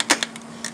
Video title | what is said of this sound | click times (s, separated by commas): Why My Truck Not Starting? | hear that click | 0.1 s, 0.2 s, 0.4 s, 0.6 s